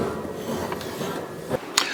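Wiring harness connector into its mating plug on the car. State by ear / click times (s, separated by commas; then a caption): seated / 1.8 s. A cleaned and reassembled wiring harness connector on a BMW is pushed home into its mating plug on the car over a steady low background hum. A softer tap sounds near 1.5 seconds, then a sharp, bright click at 1.8 seconds as the connector locks into place.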